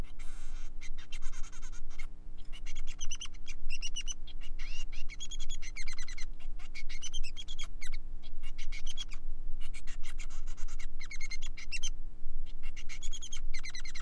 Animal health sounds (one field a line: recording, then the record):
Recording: song of a male Bengalese finch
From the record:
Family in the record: son of father 3